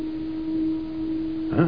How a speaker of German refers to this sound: Aber ein bisschen wenig geschlafen wegen dieser dämlichen Nebeltute. Die geht einem allmählich auf die Nerven. Alle Minute zittert meine Zahnbürste im Glas. kann man das Ding ja nicht mal abstellen. Wollen froh sein, dass wir das Ding haben.